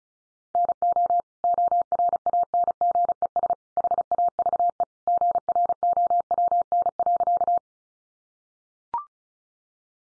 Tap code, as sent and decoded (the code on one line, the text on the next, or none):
none